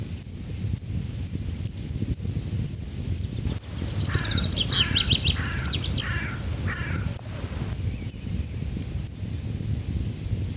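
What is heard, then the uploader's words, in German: A small brook murmurs steadily throughout, joined by sharp pops and crackles from a campfire every second or so. From about four to seven and a half seconds, a bird calls a quick series of loud, repeated downward-slurring notes. Nach der Atemübung folgt eine 30-minütige Aufnahme die ich bei einer Übernachtung an der Amalfiküste gemacht habe. Es ist ein kleines Bächlein, ein Lagerfeuer und viele Vöglein (Buchfinken und Grünspecht konnte ich identifizieren) zu hören.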